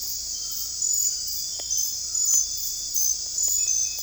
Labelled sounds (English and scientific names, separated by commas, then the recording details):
none
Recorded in secondary vegetation near Puerto Asís, Putumayo, Colombia, on 16 December 2024 at 21:00
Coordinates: 0.481, -76.318
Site G042